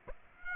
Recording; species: mosquito wingbeat signal from an infrared sensor; Aedes aegypti